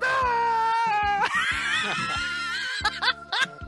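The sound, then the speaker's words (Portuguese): A voice demonstrates a yell once given when an anime-style character flew backward shouting: a long, loud, high-pitched yell that holds steady, then rises and breaks into strained, wavering cries before tapering into breathy laughter. “E aí, nessa hora, a gente dava um berro assim.”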